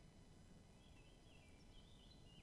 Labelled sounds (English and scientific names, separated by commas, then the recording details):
Eurasian Blackcap (Sylvia atricapilla)
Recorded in Germany
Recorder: ecoPi